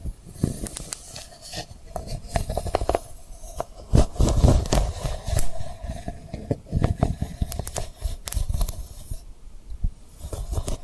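Quick tapping and scratchy rubbing on a rhinestone-covered surface, with dense clusters of sharp clicks and crisp ticks throughout. The activity peaks around four to five seconds with fuller, louder scraping, then eases into sparser taps.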